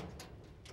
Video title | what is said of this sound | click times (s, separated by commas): Election Judge Training | and the scanner gets locked into place. | 0.2 s, 0.7 s